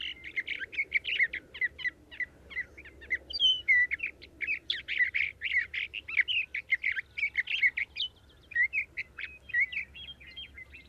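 Sage thrasher song: hurried, continuous warbling of short varied notes, scratchy and sweet by turns, running on for the whole stretch.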